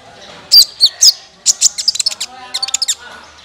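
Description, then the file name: Van Hasselt's sunbird twittering: a few high sharp chirps, then a fast run of thin, high ticking notes. "suara kolibri ninja"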